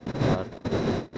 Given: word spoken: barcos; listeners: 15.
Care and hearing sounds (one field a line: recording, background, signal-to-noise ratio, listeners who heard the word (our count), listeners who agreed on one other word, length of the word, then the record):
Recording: one Spanish word in noise, from a listening test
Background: noise modulated by one talker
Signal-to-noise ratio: -11.5 dB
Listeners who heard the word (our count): 0 of 15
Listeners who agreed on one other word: 6 of 15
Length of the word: 0.78 s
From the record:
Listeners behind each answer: 6, 2, 1, 1, 1, 1, 1, 1, 1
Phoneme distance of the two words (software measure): 7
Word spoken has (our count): 2 syllables, 6 phonemes, stress on syllable 1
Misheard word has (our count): 2 syllables, 5 phonemes, stress on syllable 1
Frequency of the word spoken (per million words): 20.89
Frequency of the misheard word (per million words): 38.18